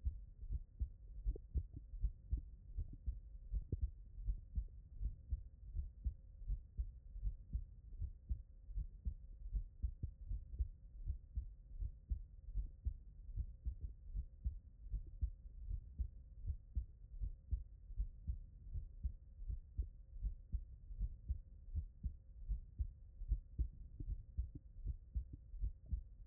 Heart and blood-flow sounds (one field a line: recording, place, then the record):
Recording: heart sounds by stethoscope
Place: tricuspid valve (TV)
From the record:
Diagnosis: non-HFrEF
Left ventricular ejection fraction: 57%